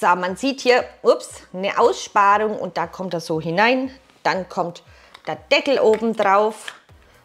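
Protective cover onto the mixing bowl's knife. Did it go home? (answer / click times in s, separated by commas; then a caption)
no / none. Someone talks while fitting a plastic protective cover (dough cap) over the mixing knife in a Thermomix TM5/TM6 mixing bowl, lining it up with a recess before the lid goes on top. A faint, short handling sound comes near 6.9 s, but the cover has not yet been pressed down, and nothing has clicked or seated.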